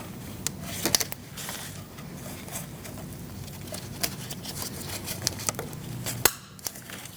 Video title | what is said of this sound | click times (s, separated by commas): How to Replace Serpentine Belt 2000-2006 Mini Cooper 1.6L L4 | it should snap in. You'll hear that click. | 6.3 s